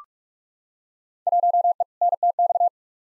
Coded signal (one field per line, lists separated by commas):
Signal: Morse code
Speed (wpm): 44 wpm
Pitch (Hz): 700 Hz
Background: none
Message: 1E NTX